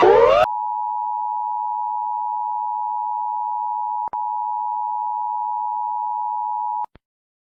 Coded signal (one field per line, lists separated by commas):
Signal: Emergency Alert System (SAME) tones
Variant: 853 and 960 Hz attention tone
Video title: Gente EAS Alarm animadas (Pt 5)